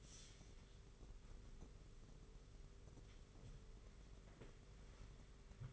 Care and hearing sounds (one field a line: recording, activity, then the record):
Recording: daily activity, microphone in the room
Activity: wipe stove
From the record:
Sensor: 4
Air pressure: 991.2 hPa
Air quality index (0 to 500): 162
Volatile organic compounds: 154 ppm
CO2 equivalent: 4038 ppm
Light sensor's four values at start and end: 24/80/30/31 and 24/79/29/30